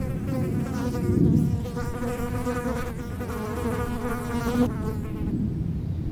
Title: Chemin de Lombardil, 31150 Fenouillet, France - Festin de mouches